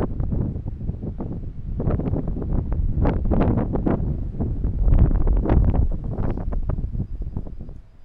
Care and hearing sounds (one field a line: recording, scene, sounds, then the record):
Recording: everyday scene through a hearing-aid microphone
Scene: wind on the microphone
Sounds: squally wind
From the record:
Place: parking lot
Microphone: behind the ear, left, front